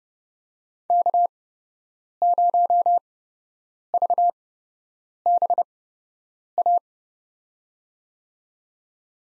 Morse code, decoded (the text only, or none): K0VBA